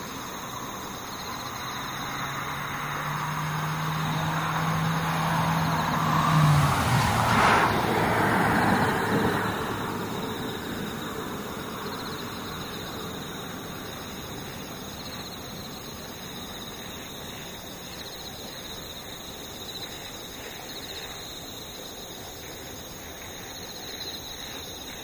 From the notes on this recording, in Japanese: ムシ